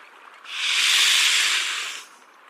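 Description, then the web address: Mute swan hiss: one steady, breathy hiss lasting about one and a half seconds, swelling and then fading. "Schulze Peter Mute Swan"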